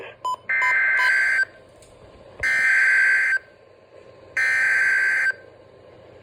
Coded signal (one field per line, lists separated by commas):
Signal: Emergency Alert System (SAME) tones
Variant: header bursts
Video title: EAS #79 (Flash Flood Warning)